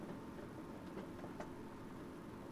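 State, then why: Not seated. After a new air filter element is fitted on a Yanmar 2GM20F small marine diesel engine, the plastic air cleaner cover is pushed back onto the engine air intake housing. A steady low hum runs throughout, with a few faint handling taps between about 0.9 and 1.4 s, the sharpest near 1.4 s. The cover has not snapped into place yet; nothing has seated or clicked.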